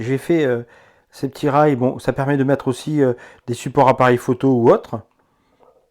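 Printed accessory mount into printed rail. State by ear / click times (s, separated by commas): seated / 5.6 s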